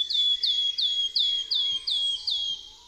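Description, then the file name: Wood warbler song: a steady series of seven clear, high, downslurred piping notes, one roughly every 0.4 seconds, ending in quiet. "Swistunka"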